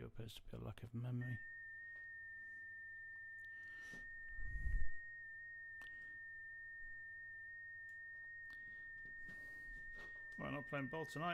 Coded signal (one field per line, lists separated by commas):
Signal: FT8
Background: speech